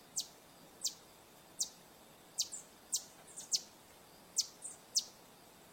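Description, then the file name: Green honeycreeper repeated piercing high tsip notes, each falling in pitch, about every half second to second, with faint softer notes mixed in and steady hiss. "Canto do sai verde"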